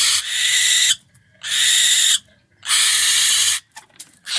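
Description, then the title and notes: Barn Owl screeching: three long harsh hissing screeches, each under a second, separated by short silences. Nocturnal raptor nesting in buildings such as churches, abbeys, castles and houses; threatened by road traffic and loss of hunting areas; young fledge at the end of summer. "La chouette effraie 2 avec Eloïse Le Coënt. L'instant Picardie Nature"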